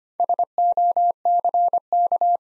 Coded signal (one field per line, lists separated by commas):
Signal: Morse code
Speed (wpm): 25 wpm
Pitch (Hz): 700 Hz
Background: none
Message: SOCK